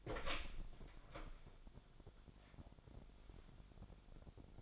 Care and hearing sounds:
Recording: daily activity, microphone in the room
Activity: open door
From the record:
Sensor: 5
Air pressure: 1007.3 hPa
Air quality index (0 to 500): 166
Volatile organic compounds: 4 ppm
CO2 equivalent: 1594 ppm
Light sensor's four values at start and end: 55/157/61/61 and 56/160/62/62

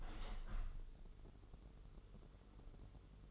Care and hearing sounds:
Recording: daily activity, microphone in the room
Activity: open window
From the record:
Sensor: 4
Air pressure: 996.5 hPa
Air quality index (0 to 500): 78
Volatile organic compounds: 3 ppm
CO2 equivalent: 1478 ppm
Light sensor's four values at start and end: 20/53/20/22 and 21/55/21/23

